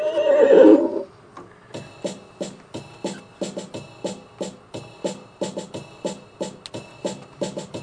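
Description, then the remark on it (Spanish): A horse gives a loud, shrill whinny lasting about a second, then a steady run of sharp, evenly spaced hoof clops carries on alone. “el peón de Mel Gibson había ido angustiosamente a buscar la llave checoslovaca para arreglar el problema del caballo.”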